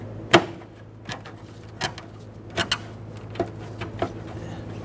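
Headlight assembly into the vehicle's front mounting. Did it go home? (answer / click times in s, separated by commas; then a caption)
yes / 0.3 s, 2.7 s. A new headlight assembly for a 2006–2010 Hummer H3 is lined up on one side and pushed in by hand into the vehicle's front mounting. Sharp snaps at 0.3 and 2.7 seconds are its plastic locating tabs locking into place, with several fainter knocks in between and afterward. The assembly is seated.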